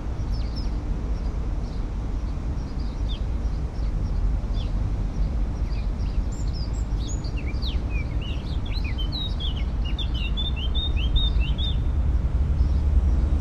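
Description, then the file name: Eurasian blackcap gives quiet, high, scratchy notes that grow busier near the end, over a continuous low rumbling noise. "Sylvia atricapilla"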